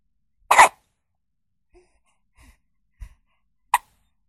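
Two sharp, very brief hics about three seconds apart, with faint soft breathy sounds between them, from a newborn baby. These are ordinary infant hiccups, which are common and harmless in babies.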